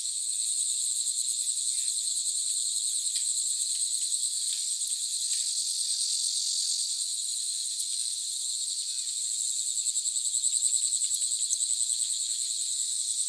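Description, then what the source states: Cicadas calling in a dense, continuous high-pitched chorus, a shimmering hiss with fast pulsing throughout and no low sounds at all. Recorded in China; sound filtered.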